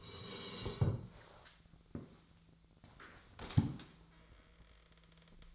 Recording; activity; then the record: daily activity, microphone in the room; sit down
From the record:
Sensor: 3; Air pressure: 1000.5 hPa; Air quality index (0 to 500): 168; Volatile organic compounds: 3 ppm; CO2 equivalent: 1461 ppm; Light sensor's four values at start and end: 17/40/17/18 and 17/40/17/18